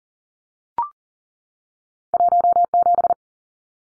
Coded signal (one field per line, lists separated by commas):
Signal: Morse code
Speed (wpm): 40 wpm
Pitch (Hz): 700 Hz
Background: none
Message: 17